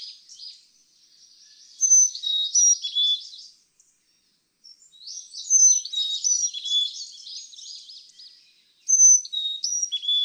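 Carolina chickadee whistles clear notes shifting from high to lower, repeated in three bursts, interwoven with rapid high twittering.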